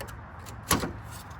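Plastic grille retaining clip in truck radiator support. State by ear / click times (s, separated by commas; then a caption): released / 0.7 s. A finger pushes down on the plastic tab of a plastic grille retaining clip on top of the grille of a 1995–2004 Toyota Tacoma truck, where it fits into the radiator support. Against a low, steady background, a sharp pop sounds at 0.7 s. The grille clip pops loose and releases.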